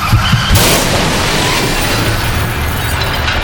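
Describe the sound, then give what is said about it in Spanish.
In a Spanish road-safety advert about driving on drugs, a speeding car's engine rumbles low, then a sudden loud crash bursts out about half a second in, followed by a sustained wash of harsh, noisy debris and rumble that fades only slightly. “Lo peor que te puede pasar con la cocaína no es que acelere tu corazón, es que acelere tu coche.”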